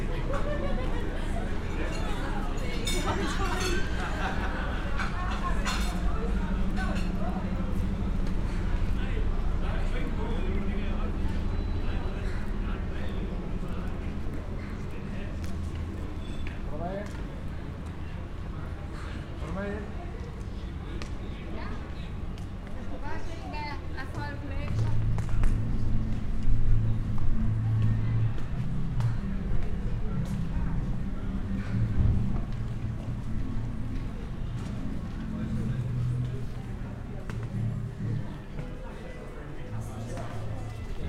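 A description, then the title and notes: A busy city street in a historic town, with crowd chatter and overlapping voices filling the scene throughout. A steady low rumble sits underneath, growing heavier from about 25 seconds, while sharp clicks and taps, likely footsteps, break through now and then. Binaural Roman City Walk. Walk through the historic city of Bath. Echoing footsteps, distant chatter, and bustling crowds. This binaural field recording captures the essence of Bath's Roman heritage.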